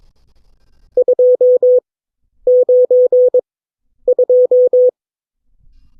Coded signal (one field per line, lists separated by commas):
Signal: Morse code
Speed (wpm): 22 wpm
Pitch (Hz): 500 Hz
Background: none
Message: 292